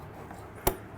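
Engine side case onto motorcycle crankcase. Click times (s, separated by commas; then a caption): 0.7 s. A metal engine side case is worked onto a KX500 motorcycle crankcase, turned slightly so the water pump and power valve gears mesh. Against a quiet background with a faint tap near 0.3 s, a single sharp, loud knock at 0.7 s marks the case seating flush on the crankcase.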